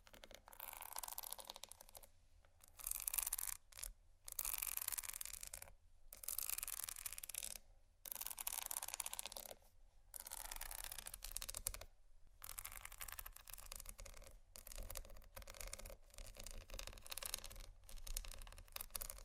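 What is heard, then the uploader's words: Bumpy items being scratched in bursts of dense, bright rasping and rubbing, broken by short silent gaps every second or two throughout. ASMR Scratching Bumpy Items No Talking Rode Mics.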